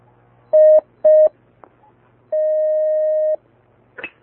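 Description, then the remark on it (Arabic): A telephone line connecting as an incoming call is received: two short, steady electronic beeps, a brief pause, then one long sustained tone, followed by a few faint clicks. No one speaks. “نستقبل هذا الاتصال.”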